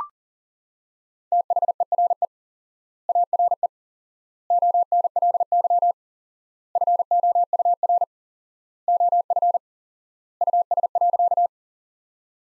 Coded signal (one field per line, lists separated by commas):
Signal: Morse code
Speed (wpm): 37 wpm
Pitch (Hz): 700 Hz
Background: none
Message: THERE ARE ONLY FOUR OF US.